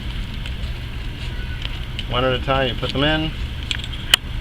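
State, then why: Seated. Ladder lock clips on the side of a cargo net are pushed one at a time into their mounts in a Jeep's rear cargo area while someone talks. Faint taps and handling sounds lead up to a sharp, loud snap at 4.1 s as a clip seats into place.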